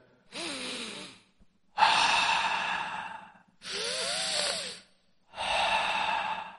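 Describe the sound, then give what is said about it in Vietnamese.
Four heavy, forceful breaths in a steady rhythm, each a long broad whoosh with a low voiced rumble, separated by short pauses of silence, made by a man practicing a martial arts form in a courtyard, each breath timed to a movement. “Tiếng hít thở trầm thấp mà đanh thép, phối hợp với mỗi chiều mỗi thức,”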